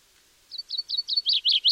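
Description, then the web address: Common chaffinch trill: a run of several short, high notes that grow louder and slightly lower, over quiet background. Bird sound only. "Deverinetal"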